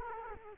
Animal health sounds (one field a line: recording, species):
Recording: mosquito wingbeat signal from an infrared sensor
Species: Culex quinquefasciatus